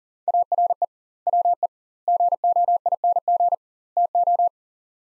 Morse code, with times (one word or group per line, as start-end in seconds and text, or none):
0.3-0.8 ARE
1.3-1.7 WE
2.1-3.5 GOING
4.0-4.5 TO